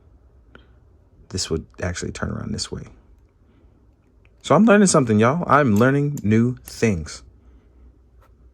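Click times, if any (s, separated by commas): none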